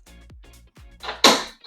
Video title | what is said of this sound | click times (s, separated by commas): SuperHandy Passport Flex Unboxing: The Travel Scooter You Can Lift | And you heard that snap into place, and now the tiller is locked. | 1.2 s